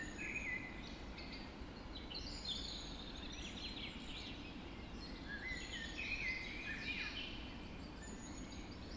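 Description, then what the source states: Birds in a dawn chorus singing together, a tangle of bright whistled phrases and twittering notes throughout, with a constant low background rumble. Dawn chorus recorded just after dawn in the Forest of Dean.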